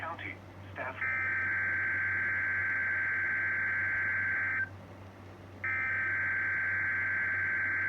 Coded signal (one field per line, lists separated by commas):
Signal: Emergency Alert System (SAME) tones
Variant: header bursts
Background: speech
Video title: [EAS 1] REQUIRED WEEKLY TEST-on KZZ28